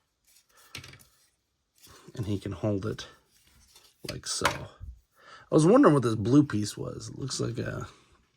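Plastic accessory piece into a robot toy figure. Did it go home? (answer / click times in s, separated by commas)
no / none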